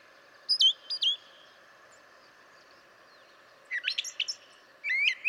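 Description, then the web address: Brown Thrasher song with a pause: a few clear slurred notes, silence, then bursts of scratchy varied phrases. "birdsongforthecurious Brown Thrasher"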